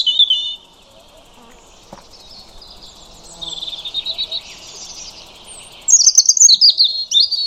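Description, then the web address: European robin song: soft, varied high warbling phrases, then a loud burst of sharp, rapid high trills and twittering notes near the end. "Deverinetal 2025 File origin Bird Only Er Ru"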